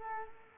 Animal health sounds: mosquito wingbeat signal from an infrared sensor; Culex quinquefasciatus

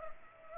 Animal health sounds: mosquito wingbeat signal from an infrared sensor; Culex pipiens

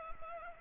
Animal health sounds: mosquito wingbeat signal from an infrared sensor; Culex pipiens

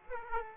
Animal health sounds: mosquito wingbeat signal from an infrared sensor; Aedes aegypti

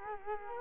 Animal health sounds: mosquito wingbeat signal from an infrared sensor; Culex quinquefasciatus

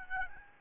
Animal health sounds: mosquito wingbeat signal from an infrared sensor; Aedes albopictus

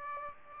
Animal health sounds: mosquito wingbeat signal from an infrared sensor; Aedes aegypti

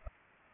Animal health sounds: mosquito wingbeat signal from an infrared sensor; Culex pipiens

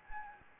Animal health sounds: mosquito wingbeat signal from an infrared sensor; Anopheles gambiae

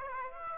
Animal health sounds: mosquito wingbeat signal from an infrared sensor; Aedes aegypti

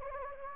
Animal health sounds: mosquito wingbeat signal from an infrared sensor; Anopheles gambiae

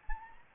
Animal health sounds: mosquito wingbeat signal from an infrared sensor; Anopheles gambiae

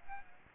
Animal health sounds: mosquito wingbeat signal from an infrared sensor; Aedes aegypti

